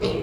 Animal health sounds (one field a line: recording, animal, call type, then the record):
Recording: contact call of a hoofed animal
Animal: pig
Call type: closed-mouth grunt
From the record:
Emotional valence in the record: negative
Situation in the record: short social isolation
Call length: 0.24 s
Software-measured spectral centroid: 1970 Hz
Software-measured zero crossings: 1360 a second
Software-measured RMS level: -25 dBFS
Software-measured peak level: -12 dBFS